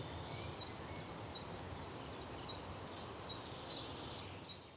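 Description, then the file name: Eurasian wren: three loud high chips with fainter notes in between, over low steady hiss. "Troglodytes troglodytes"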